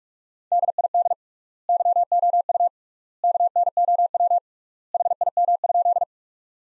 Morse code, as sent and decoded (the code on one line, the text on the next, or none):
-.. .. -.. / -.-- --- ..- / -.- -. --- .-- / .... .. -- ..--..
DID YOU KNOW HIM?